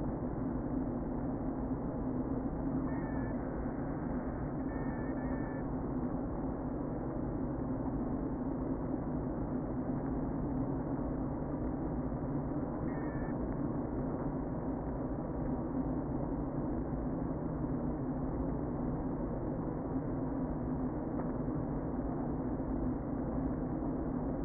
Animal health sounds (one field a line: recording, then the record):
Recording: honeybee colony, microphone inside the hive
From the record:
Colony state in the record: queen present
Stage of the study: before two queens were removed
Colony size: about 60,000 bees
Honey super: yes